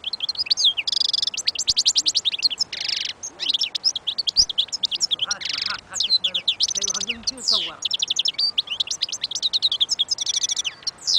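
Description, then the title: European goldfinch singing continuously: quick tinkling chirps mixed with nasal buzzy trills, a long lively stream of high notes with little background noise. Wild bird. "اجمل غناءالحسون الخلويchant chardonneret sauvage collection"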